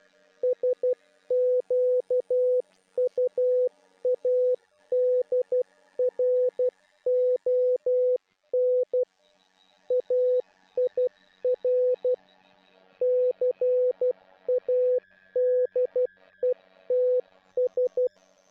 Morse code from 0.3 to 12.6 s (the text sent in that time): SQUADRON AIR